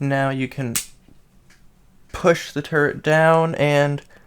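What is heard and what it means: Someone talks while the plastic turret section of a Transformers Legacy Leader Class Blitzwing transforming action figure is pushed down toward its slot in the body during transformation. A brief sharp burst is heard near 0.8 s between the words, but the clip ends before the turret goes home, and nothing has seated or clicked yet.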